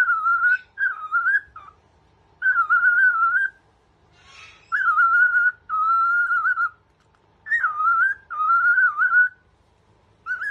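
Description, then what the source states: Cockatiel whistling a song: smooth, wavering whistled phrases around a steady pitch, delivered in separate bursts with short pauses and a soft breathy sound between. Several cockatiels singing, a whistled song.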